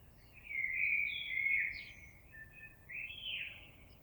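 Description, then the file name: Common blackbird warbling a short, mellow phrase with a slurred twist and a higher squeaky note, set against steady background noise. Recorded on 26 April 2022. "Merle 2022 04 26"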